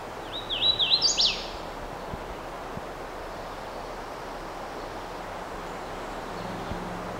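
Hooded warbler song: a quick run of slurred, looping whistled notes ending in an emphatic upslurred flourish, lasting about a second, then steady low background rumble.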